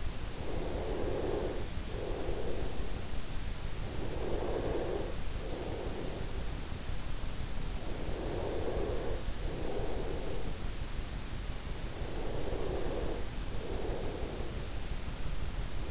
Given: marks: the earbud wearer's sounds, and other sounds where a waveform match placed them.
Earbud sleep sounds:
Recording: sounds in sleep by an in-ear microphone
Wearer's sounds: breath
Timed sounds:
0.17-3.17 s: breath
4.17-6.17 s: breath
7.17-10.17 s: breath
11.17-15.17 s: breath

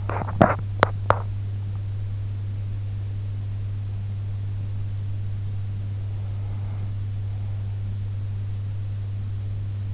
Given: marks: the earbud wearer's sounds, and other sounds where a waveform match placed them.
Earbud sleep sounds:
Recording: sounds in sleep by an in-ear microphone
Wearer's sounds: teeth grinding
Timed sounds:
0.00-1.34 s: teeth grinding

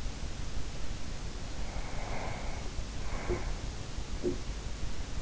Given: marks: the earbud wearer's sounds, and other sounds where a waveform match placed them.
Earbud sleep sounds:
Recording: sounds in sleep by an in-ear microphone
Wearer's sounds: breath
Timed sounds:
1.49-3.88 s: breath
3.07-4.59 s: sound from someone else or the room

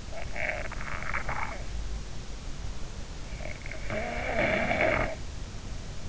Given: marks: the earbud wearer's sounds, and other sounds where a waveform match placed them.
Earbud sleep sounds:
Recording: sounds in sleep by an in-ear microphone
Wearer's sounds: snoring breath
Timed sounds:
0.36-1.70 s: snoring breath
3.78-5.21 s: snoring breath

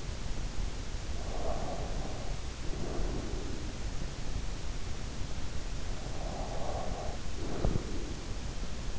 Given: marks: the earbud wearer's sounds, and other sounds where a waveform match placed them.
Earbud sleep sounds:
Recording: sounds in sleep by an in-ear microphone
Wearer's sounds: breath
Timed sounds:
1.20-4.12 s: breath
5.93-8.99 s: breath

